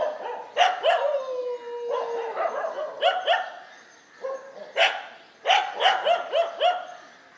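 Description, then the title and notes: Dog barking fast and rough, a drawn-out falling whine running under the opening barks, then several quick barks in tight clusters. Several dogs barking together in morning street ambience on Mission Street, MG Road area, Puducherry, India. "WRMJ+487, Mission St, MG Road Area, Puducherry, 605001, Inde - Concert de chiens. Ambiance matinale sur Mission Street - Concert de chiens. Prise de sons : JF CAVRO"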